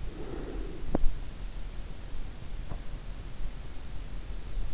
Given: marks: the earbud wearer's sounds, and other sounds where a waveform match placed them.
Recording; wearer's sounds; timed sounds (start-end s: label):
sounds in sleep by an in-ear microphone; breath, teeth grinding
0.06-0.84 s: breath
0.84-1.14 s: teeth grinding